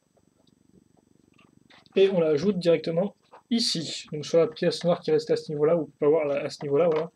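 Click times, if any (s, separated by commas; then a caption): none. A plastic boat hull brick is picked up and moved into position over a black base piece before being pushed on. Faint handling sounds come first, then someone talks from about 2 seconds on. Nothing has seated or clicked yet.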